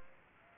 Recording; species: mosquito wingbeat signal from an infrared sensor; Aedes aegypti